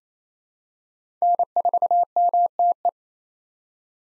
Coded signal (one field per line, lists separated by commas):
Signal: Morse code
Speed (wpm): 27 wpm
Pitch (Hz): 700 Hz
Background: none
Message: N4MTE